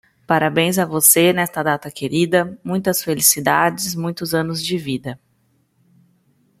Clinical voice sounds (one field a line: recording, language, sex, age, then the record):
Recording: short text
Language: Brazilian Portuguese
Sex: female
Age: 30 to 39 years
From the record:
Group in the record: control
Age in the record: 30 years